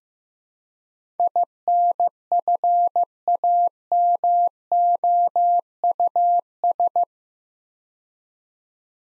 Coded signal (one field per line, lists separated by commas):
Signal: Morse code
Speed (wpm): 15 wpm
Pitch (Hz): 700 Hz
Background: none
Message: INFAMOUS